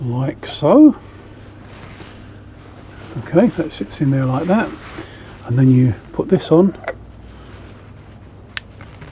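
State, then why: Seated. Someone talks while seating the diaphragm in a motorcycle's brake fluid reservoir on the master cylinder, then fits the cover on top and presses it down. A sharp click at 8.6 s, followed by two fainter ticks, marks the cover locking into place.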